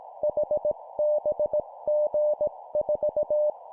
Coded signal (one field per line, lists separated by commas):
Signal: Morse code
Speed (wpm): 18 wpm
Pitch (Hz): 600 Hz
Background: none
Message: HBG4